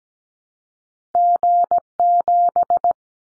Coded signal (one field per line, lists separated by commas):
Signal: Morse code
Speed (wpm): 17 wpm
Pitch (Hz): 700 Hz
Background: none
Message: G7